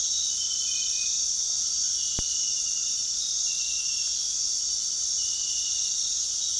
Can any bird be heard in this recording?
no